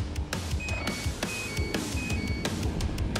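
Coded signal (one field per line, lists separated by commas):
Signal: none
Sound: a game's vehicle beeps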